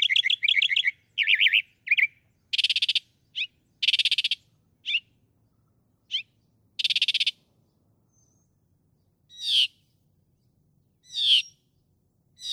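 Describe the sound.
Northern mockingbird song, repeated phrases of buzzy chatter and harsh bursts, then a few separate loud sweeping notes after a pause.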